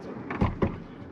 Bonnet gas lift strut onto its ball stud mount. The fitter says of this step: until it clicks and then push the bonnet a bit higher until it clicks